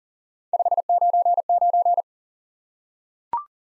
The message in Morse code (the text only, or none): 599